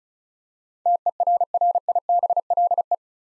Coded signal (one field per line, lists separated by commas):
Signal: Morse code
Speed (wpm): 36 wpm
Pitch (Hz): 700 Hz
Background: none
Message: TERRIBLE